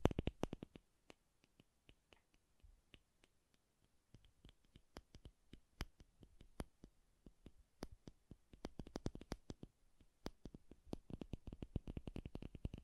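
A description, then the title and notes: Soft, bassy tapping in irregular bursts, each tap short and crisp with a low thump beneath it. The taps come sparsely through the middle, then cluster into quicker, denser runs near the start and over the last few seconds, against near silence. ASMR Bassy and Soft Tapping Sounds.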